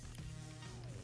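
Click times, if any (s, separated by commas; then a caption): none. A folded plastic arm piece from an upgrade kit is pushed into the back piece of a Transformers Legacy Menasor combiner figure. Steady low musical tones continue throughout, and a brief sharp transient sounds at 0.1 s. Nothing has seated or clicked yet, and the arm piece is not yet home.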